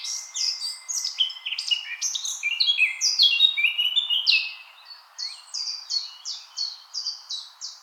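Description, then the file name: Eurasian blackcap song, with a busy jumble of chattering and squeaky notes building in loudness, then a pause and a string of evenly repeated clear whistled notes. "Sylvia atricapilla"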